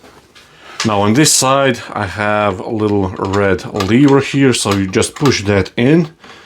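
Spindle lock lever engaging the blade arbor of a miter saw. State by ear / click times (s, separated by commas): not seated / none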